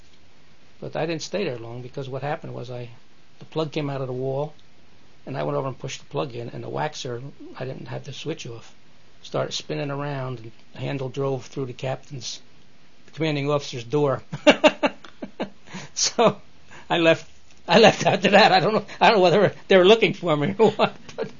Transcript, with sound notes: but I didn't stay there long because what happened was the plug came out of the wall and I went over and pushed the plug in, and the waxer, I didn't have the switch off, started spinning around and the handle drove through the captain's — commanding officer's door. [Laughs] So I left after that. I don't know whether they were looking for me or what,